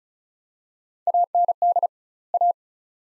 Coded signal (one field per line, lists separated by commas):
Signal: Morse code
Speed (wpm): 36 wpm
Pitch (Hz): 700 Hz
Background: none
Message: AND A